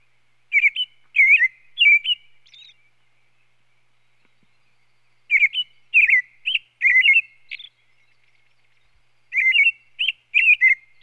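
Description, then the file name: American robin song in three bouts of warbled, whistled phrases separated by short silences. "Sound Effects Library - American Robin"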